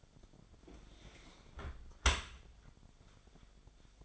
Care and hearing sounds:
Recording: daily activity, microphone in the room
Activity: close dishwasher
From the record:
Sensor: 5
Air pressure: 1006.8 hPa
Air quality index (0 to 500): 184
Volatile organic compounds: 5 ppm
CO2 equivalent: 1758 ppm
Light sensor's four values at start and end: 53/150/59/59 and 51/142/56/57

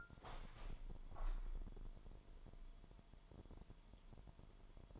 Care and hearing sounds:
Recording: daily activity, microphone in the room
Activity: open window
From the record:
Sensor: 5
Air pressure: 998.1 hPa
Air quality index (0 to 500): 97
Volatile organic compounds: 2 ppm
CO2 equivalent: 1106 ppm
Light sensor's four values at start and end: 25/59/24/27 and 25/59/24/27

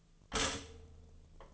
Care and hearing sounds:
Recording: daily activity, microphone in the room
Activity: stop toaster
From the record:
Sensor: 4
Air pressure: 1010.0 hPa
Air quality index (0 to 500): 183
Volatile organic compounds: 6 ppm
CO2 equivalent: 1845 ppm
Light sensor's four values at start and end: 23/68/27/27 and 23/68/27/26

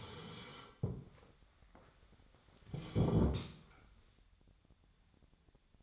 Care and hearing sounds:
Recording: daily activity, microphone in the room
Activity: sit down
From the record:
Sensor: 3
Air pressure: 1015.2 hPa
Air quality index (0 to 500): 163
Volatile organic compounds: 12 ppm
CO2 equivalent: 2329 ppm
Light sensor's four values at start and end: 15/39/16/17 and 15/39/16/17

